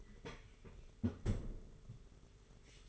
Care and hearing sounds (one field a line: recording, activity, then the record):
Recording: daily activity, microphone in the room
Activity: close fridge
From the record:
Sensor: 4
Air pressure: 991.8 hPa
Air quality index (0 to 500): 104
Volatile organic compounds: 14 ppm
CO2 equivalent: 2443 ppm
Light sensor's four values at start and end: 20/65/24/24 and 20/67/25/25